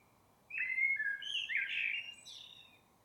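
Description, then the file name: Blackbird giving a single song phrase: smooth whistled notes sliding into a busier warble, then a faint high squeak. "Turdus merula"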